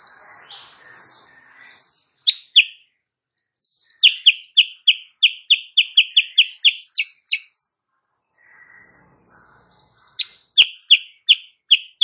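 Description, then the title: Sooty-headed bulbul song: rapid sequences of bright, evenly spaced chirps, broken by a quieter stretch, then resuming at the end. Morning singing of a Kutilang Sutra used as a tutor recording for training songbirds; described as singing constantly and prompting rival birds to answer. "Masteran Kutilang Sutra. Kutilang Sutra GACOR pagi hari bikin lawannya AUTO NYAUT"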